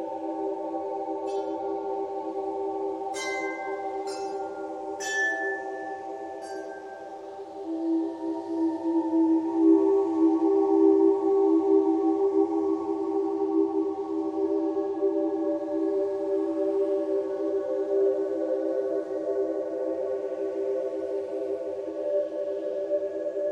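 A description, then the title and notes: Ambient music of long, held tones sits in a steady low-to-middle drone that swells louder after about eight seconds. Bright chime strikes ring out several times in the first six seconds, then fade. A faint, wavering wind-like hiss runs underneath throughout. Calming Ambient Music with Soothing Wind Sounds for Mindfulness and Relaxation. Soothing ambient music accompanied by gentle wind sounds.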